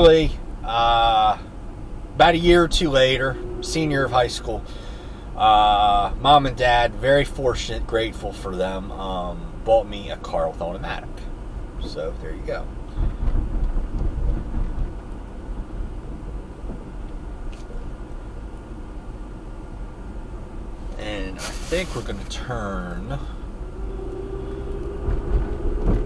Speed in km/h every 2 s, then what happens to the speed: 37, 37, 39, 39, 40, 40, 42, 40, 40, 40, 39, 39, 42.
0-22 steady at about 39.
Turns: none.